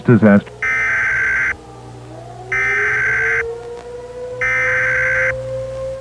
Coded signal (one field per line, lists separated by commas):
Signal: Emergency Alert System (SAME) tones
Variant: header bursts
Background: speech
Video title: This is the End - End of the World EAS Scenario